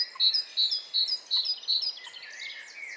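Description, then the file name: Great tit giving ringing paired notes, repeated several times at a steady pace, then fading into soft twittering from other birds. "Parus major"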